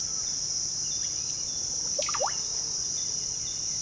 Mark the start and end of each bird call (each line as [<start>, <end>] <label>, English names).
[1.68, 2.34] Russet-backed Oropendola